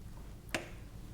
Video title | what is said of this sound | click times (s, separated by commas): Patient Handling Techniques | the top clips are connected first ensuring an audible click as they engage | 0.5 s